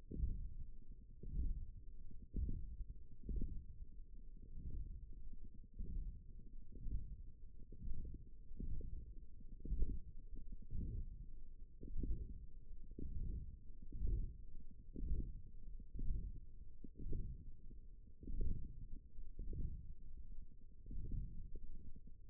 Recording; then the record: forearm muscle sounds (acoustic myography)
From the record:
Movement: radial deviation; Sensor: system 1, eight BSWA MPA416 microphones around the upper forearm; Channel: 4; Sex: female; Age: 22 years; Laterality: right